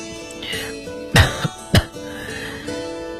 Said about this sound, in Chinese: KDA 没有说话，德里特里便咳嗽了两声继续说下去。